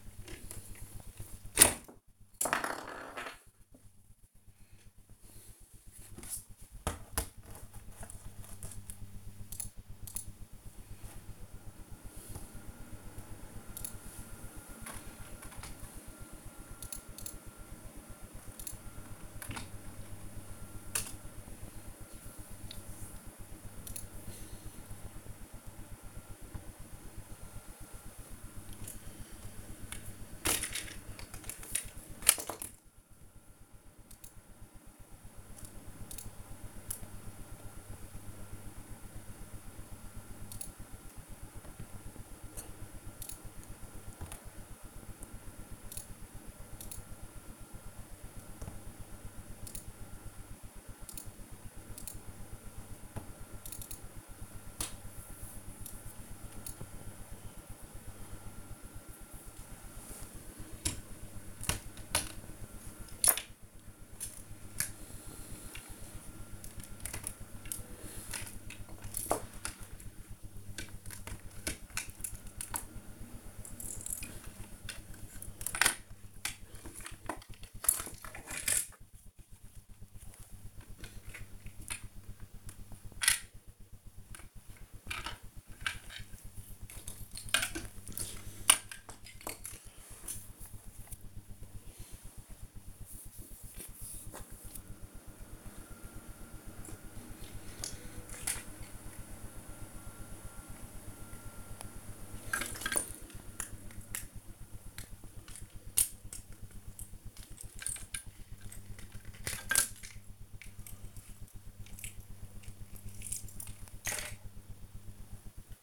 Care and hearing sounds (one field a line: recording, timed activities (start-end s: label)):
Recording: household activities, microphone on the right wrist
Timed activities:
0.00-115.83 s: build with lego